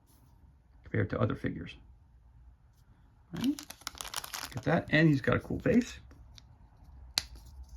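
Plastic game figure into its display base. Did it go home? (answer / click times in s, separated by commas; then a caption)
yes / 7.2 s. Someone talks as a plastic game figure is pressed onto its plastic display base. A sharp click at 7.2 seconds marks the figure popping into place, seated firmly, though it can be pulled back out just as easily.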